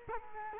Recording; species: mosquito wingbeat signal from an infrared sensor; Culex quinquefasciatus